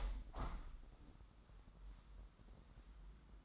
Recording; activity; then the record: daily activity, microphone in the room; open window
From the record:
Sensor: 3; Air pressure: 998.6 hPa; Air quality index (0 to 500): 144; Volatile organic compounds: 5 ppm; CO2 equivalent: 1733 ppm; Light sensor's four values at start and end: 9/22/9/10 and 9/22/9/10